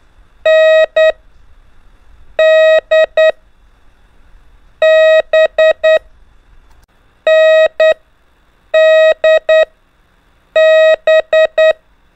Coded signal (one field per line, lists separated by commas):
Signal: Morse code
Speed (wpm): 10 wpm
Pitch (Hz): 630 Hz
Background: none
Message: N D B N D B